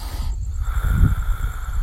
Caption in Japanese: 隣のお父さんはこのようにいびきかいて寝てます。 アスファルトの上に寝っ転がって。